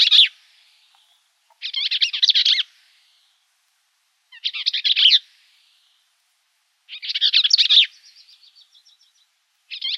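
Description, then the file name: Bell's vireo delivering quick, garbled, scratchy song phrases at irregular intervals; one phrase trails into a soft series of short rapid notes before the next burst. Recorded in Arizona on 3 October 2006. "BEVI 5 deviche"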